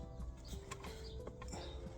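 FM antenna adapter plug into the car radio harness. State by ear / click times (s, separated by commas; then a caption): seated / 0.7 s. A yellowed plastic FM antenna adapter plug, white originally but yellowed over time, is pushed into the harness connector of an Android car radio being installed in a Jeep Grand Cherokee. A sharp click at 0.7 s marks the plug seating, followed by a few softer handling taps around 0.8 to 1.5 s against a steady low background hum. The connector is fully clicked in.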